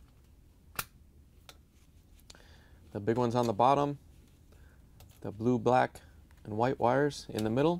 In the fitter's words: these can only go on one way so all you have to do is push them in so they lock into place